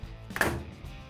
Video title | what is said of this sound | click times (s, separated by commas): How To: Whirlpool/KitchenAid/Maytag Suspension Spring WP21001598 | and you're going to put it into position you're going to press it down so these two retaining Clips lock into place | 0.4 s